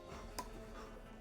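A section of a Halloween animatronic skeleton prop is twisted back and forth into its push-release snap-lock mount. A single sharp click is heard at 0.4 s over a steady background hum, and the section snaps into place, seated.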